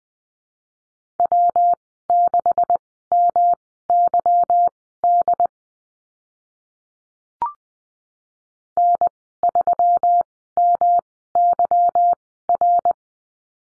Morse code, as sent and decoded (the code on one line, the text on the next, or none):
.-- -.... -- -.-- -.. / -. ...-- -- -.-- .-.
W6MYD N3MYR